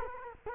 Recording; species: mosquito wingbeat signal from an infrared sensor; Culex quinquefasciatus